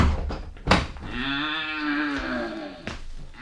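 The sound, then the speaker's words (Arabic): A bull, let out as a storeroom door is opened, gives one long, loud, droning low lasting about two seconds, framed by a few sharp thudding knocks like hooves stamping before and after. No voices. “الله الله الله الله الله، الطور الطور.”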